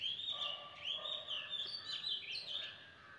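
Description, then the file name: Bird chorus of bright, warbling whistles and quick chirps overlapping continuously. Birds singing on a beautiful morning. "beautiful morning with birds chanting"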